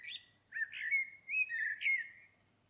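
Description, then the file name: Common blackbird singing a short run of rich, slurred fluting notes, held and gently wavering, with a brief high squeak at the start. "Turdus merula"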